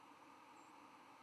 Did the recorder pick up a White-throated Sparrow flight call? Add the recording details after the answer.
yes. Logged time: 06:20 on 11 November 2014